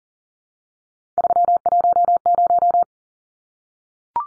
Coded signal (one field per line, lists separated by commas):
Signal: Morse code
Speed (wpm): 40 wpm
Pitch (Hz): 700 Hz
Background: none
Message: 310